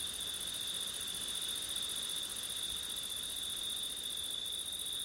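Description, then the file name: Crickets singing a steady high-pitched trill, the highest layer breaking briefly once near the end. Crickets on a windy September night; ORTF stereo. "crickets wind september night ortif"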